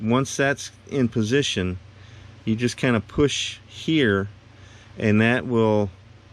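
A man talks while handling the plastic drive shaft and axle of an AMT 1965 Pontiac Bonneville Fast Back Sport Coupe scale model kit, positioning them in the model car chassis before pushing so they will click into place. Only speech over a steady low hum is heard; nothing has seated or clicked yet.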